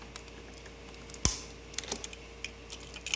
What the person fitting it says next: and you heard it click